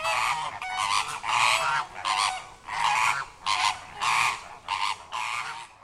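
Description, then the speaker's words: Greater Flamingos giving loud, nasal honking calls in a group, harsh goose-like notes in a rapid series of bursts. A group of greater flamingos; flamingos described as making strident, honking, grunting noises and being a noisy bunch. "Here's the sound of some greater flamingos."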